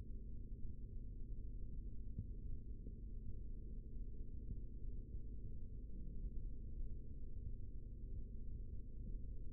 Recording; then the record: forearm muscle sounds (acoustic myography)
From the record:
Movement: rest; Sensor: system 3, bracelet of six PUI Audio POM-2738L microphones around the upper forearm, with dedicated amplification and filtering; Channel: 4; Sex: male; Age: 56 years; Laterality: right